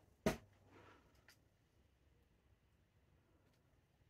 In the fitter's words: listen for the click there